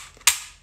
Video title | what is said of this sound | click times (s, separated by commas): Saturday Live: Updates, Investigations, and another Locktopsy | is always free did you guys hear that click see | 0.3 s